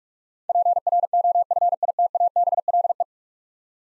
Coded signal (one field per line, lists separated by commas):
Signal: Morse code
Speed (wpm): 44 wpm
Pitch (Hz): 700 Hz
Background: none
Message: PROFITABLE